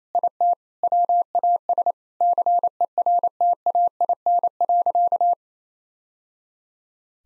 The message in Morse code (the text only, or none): IT WAS CERTAIN.